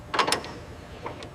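A torque wrench slowly tightens a fastener on a restored helicopter, with a short burst of sharp metallic ticks leading up to a crisp click at 0.3 s, followed by two faint softer ticks near 1.1 and 1.2 s. The click confirms the wrench has reached its setting and the required torque is achieved.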